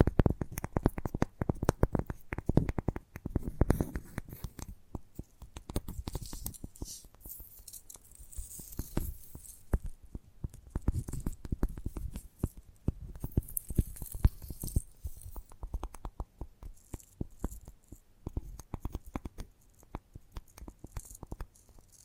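Gentle ASMR tapping: soft, quick taps land in dense, uneven clusters throughout, mostly low and muted with an occasional sharper click. The pace rises and thins in waves, and a faint hiss sits above the taps.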